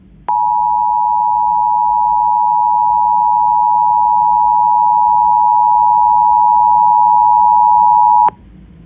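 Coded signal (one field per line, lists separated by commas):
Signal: Emergency Alert System (SAME) tones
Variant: 853 and 960 Hz attention tone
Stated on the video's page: Mock, not a real alert: a simulated Tornado Emergency for Louisville, with an announcement at the beginning.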